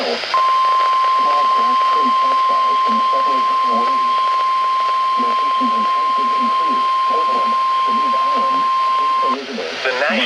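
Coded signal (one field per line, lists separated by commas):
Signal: Emergency Alert System (SAME) tones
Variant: 1050 Hz attention tone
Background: speech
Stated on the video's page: Severe weather alerts received on NOAA Weather Radio.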